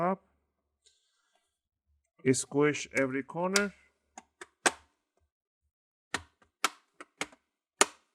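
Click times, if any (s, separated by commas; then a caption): 4.7 s, 6.1 s, 6.6 s, 7.2 s, 7.8 s. Someone talks while the plastic bottom cover of an HP Pavilion Gaming 15 laptop is pressed down corner by corner to snap its clips back into the chassis. Sharp clicks are heard at 4.7, 6.1, 6.6, 7.2 and 7.8 seconds, and the cover clips are seated.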